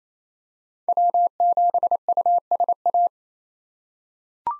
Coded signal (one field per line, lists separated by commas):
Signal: Morse code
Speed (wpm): 28 wpm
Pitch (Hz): 700 Hz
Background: none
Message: W7USA